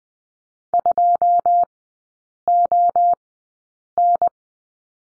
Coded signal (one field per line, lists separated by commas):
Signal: Morse code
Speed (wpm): 20 wpm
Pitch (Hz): 700 Hz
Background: none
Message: 2 O N